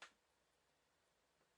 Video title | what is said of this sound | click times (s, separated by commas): Spare Nokia Lumia 1520 PolarCell Battery Tools: Unboxing And Repair | all right you heard that clicking sound so it it's an off-family in place | 0.0 s